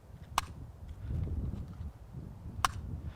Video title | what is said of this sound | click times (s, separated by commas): G-Code Holsters Assaulter System -- The Bullet Points -- | there's a very positive click right listen very positive click that locks the gun in place | 0.4 s, 2.7 s